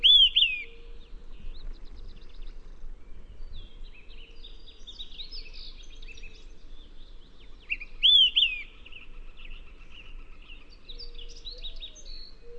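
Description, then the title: Olive-sided flycatcher song: one emphatic slurred whistle at the start and another about eight seconds later, with faint background warbling and chipping from other birds. "LuckyPassaro Completos2Sama. Olive-sided Flycatcher (Contopus cooperi)"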